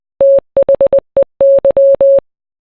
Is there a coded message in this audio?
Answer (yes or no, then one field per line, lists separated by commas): yes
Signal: Morse code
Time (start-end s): 0.2-2.2 s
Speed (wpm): 20 wpm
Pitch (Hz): 550 Hz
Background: none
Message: THEY